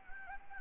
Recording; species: mosquito wingbeat signal from an infrared sensor; Anopheles gambiae